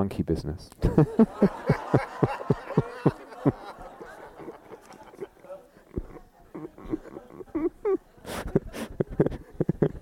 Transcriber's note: laughter